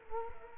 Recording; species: mosquito wingbeat signal from an infrared sensor; Culex quinquefasciatus